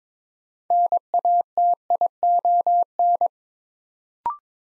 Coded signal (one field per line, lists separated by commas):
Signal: Morse code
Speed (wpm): 22 wpm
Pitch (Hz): 700 Hz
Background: none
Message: NATION